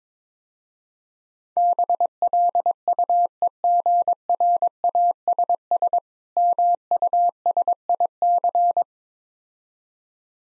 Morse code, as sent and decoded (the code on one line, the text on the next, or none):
-... .-.. ..- . --. .-. .- ... ... / -- ..- ... .. -.-.
BLUEGRASS MUSIC